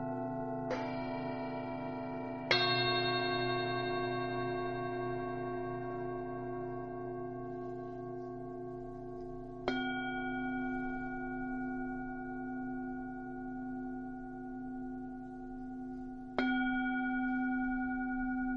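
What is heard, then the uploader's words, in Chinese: Singing bowls for the seven chakras are struck one after another, at about 1, 2.5, 10 and 16.5 seconds. Each strike rings out in long, layered overtones that hang and slowly fade, with a low steady hum underneath and the tones overlapping between strikes. 七脈輪頌缽療癒。純音樂。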